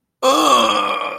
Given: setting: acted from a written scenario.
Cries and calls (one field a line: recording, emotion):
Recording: vocal sound without words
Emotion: pain